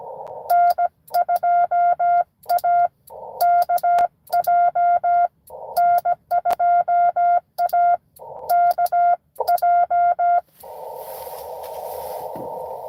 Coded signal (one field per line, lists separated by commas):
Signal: Morse code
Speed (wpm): 17 wpm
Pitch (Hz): 700 Hz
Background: none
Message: N2AKJ N2AKJ